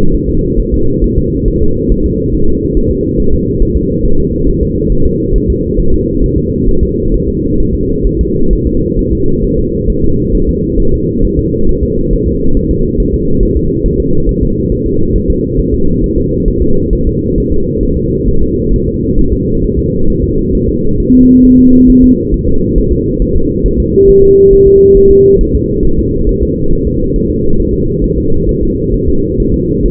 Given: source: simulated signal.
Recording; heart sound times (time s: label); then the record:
fetal heart sounds
0.14 s: S1
0.29 s: S2
0.59 s: S1
0.74 s: S2
1.04 s: S1
1.19 s: S2
1.48 s: S1
1.62 s: S2
1.92 s: S1
2.06 s: S2
2.34 s: S1
2.49 s: S2
2.77 s: S1
2.91 s: S2
3.20 s: S1
3.34 s: S2
3.62 s: S1
3.77 s: S2
4.05 s: S1
4.20 s: S2
4.49 s: S1
4.63 s: S2
4.92 s: S1
5.06 s: S2
5.36 s: S1
5.50 s: S2
5.80 s: S1
5.94 s: S2
6.24 s: S1
6.38 s: S2
6.69 s: S1
6.83 s: S2
7.14 s: S1
7.28 s: S2
7.60 s: S1
7.75 s: S2
8.07 s: S1
8.21 s: S2
8.53 s: S1
8.67 s: S2
8.99 s: S1
9.13 s: S2
9.44 s: S1
9.59 s: S2
9.90 s: S1
10.04 s: S2
10.35 s: S1
10.49 s: S2
10.80 s: S1
10.94 s: S2
11.25 s: S1
11.39 s: S2
11.69 s: S1
11.83 s: S2
12.13 s: S1
12.28 s: S2
12.57 s: S1
12.71 s: S2
13.00 s: S1
13.14 s: S2
13.43 s: S1
13.57 s: S2
13.86 s: S1
14.00 s: S2
14.29 s: S1
14.43 s: S2
14.72 s: S1
14.86 s: S2
15.16 s: S1
15.30 s: S2
15.59 s: S1
15.74 s: S2
16.04 s: S1
16.18 s: S2
16.48 s: S1
16.62 s: S2
16.93 s: S1
17.07 s: S2
17.38 s: S1
17.52 s: S2
17.83 s: S1
17.97 s: S2
18.28 s: S1
18.43 s: S2
18.74 s: S1
18.88 s: S2
19.19 s: S1
19.33 s: S2
19.64 s: S1
19.79 s: S2
20.10 s: S1
20.24 s: S2
20.55 s: S1
20.69 s: S2
21.00 s: S1
21.14 s: S2
21.45 s: S1
21.59 s: S2
21.90 s: S1
22.04 s: S2
22.34 s: S1
22.49 s: S2
22.78 s: S1
22.93 s: S2
23.22 s: S1
23.36 s: S2
23.66 s: S1
23.80 s: S2
24.09 s: S1
24.24 s: S2
24.53 s: S1
24.67 s: S2
24.97 s: S1
25.11 s: S2
25.41 s: S1
25.55 s: S2
25.85 s: S1
25.99 s: S2
26.29 s: S1
26.43 s: S2
26.73 s: S1
26.87 s: S2
27.16 s: S1
27.31 s: S2
27.60 s: S1
27.74 s: S2
28.04 s: S1
28.18 s: S2
28.49 s: S1
28.63 s: S2
28.94 s: S1
29.09 s: S2
29.40 s: S1
29.54 s: S2
29.86 s: S1
From the record:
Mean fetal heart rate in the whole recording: 135 bpm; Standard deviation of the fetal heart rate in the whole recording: 3 bpm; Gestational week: 36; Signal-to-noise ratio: -17.7 dB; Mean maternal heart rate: 72 bpm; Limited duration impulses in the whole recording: present